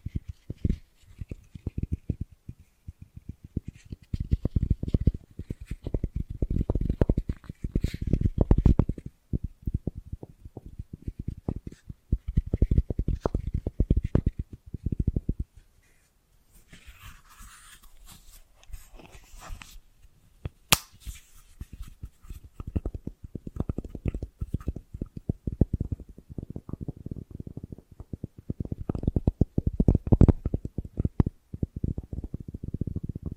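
Bracelets and jewelry boxes are handled in dense bursts of low clattering and knocking, busiest from about 0 to 15 seconds and again after 22 seconds. A quieter stretch in the middle brings a brief brighter rustle and a sharp click near 20 seconds.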